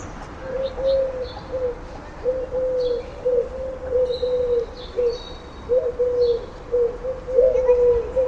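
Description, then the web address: Bird giving soft, low coos in drawn-out runs with brief pauses, while small birds add scattered high twitters over a light hiss. "Bird Only"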